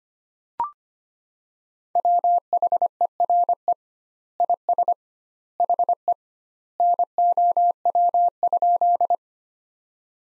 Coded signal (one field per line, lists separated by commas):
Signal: Morse code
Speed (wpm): 25 wpm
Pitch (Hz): 700 Hz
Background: none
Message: WHERE IS HE NOW?